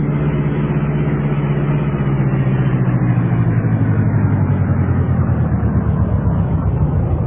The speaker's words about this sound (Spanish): el lujoso auto negro de la princesa Jasmine cruzaba los amplios y maravillosos jardines de su mansión